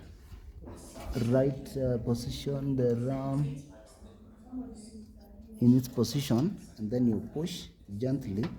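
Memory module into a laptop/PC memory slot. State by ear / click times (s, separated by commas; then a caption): not seated / none. A memory module is lined up in position at a laptop or PC memory slot and pushed gently down, while someone talks throughout. The module has not yet seated or clicked into its slot.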